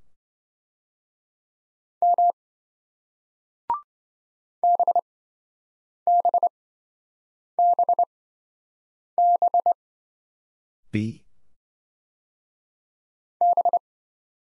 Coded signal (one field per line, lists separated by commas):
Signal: Morse code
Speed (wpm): 25 wpm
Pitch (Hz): 700 Hz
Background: none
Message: M BBBB B